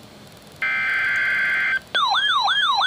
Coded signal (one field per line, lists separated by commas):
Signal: Emergency Alert System (SAME) tones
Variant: header bursts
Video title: Severe Thunderstorm Watch #174 (EAS #410)